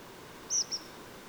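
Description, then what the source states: A bird's nocturnal flight call: two short high thin notes, the first longer and louder, the second fainter, over steady background hiss. Nocturnal flight call recorded 26 September 2019.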